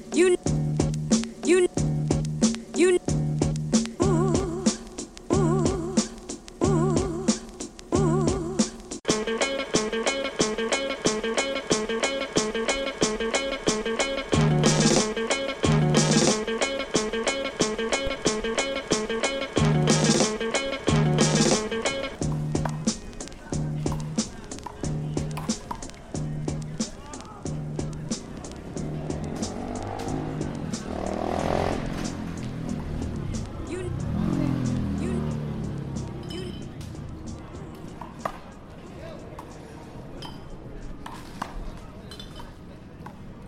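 A sound walk through East River Park in New York City. A regular thumping beat with ringing tones pulses for the first twenty seconds, busiest between about 9 and 22 seconds. Around 30 seconds a vehicle swoops past, then voices and traffic carry on as the beat fades.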